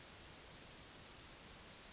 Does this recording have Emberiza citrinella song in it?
no